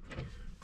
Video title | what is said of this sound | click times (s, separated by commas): Слив серой воды Клапан сброса воды с отопительной системыTrumatik Fiat WEINSBERG 2001 | поднимаясь наверх она пока не фиксируется там видать датчик вот он должен | none